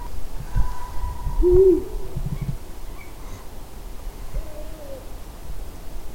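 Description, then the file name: Eurasian eagle-owl alarm call, a low short arched note midway and a softer one later, over steady low rumbling noise. "Uhu Alarm"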